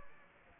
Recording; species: mosquito wingbeat signal from an infrared sensor; Aedes aegypti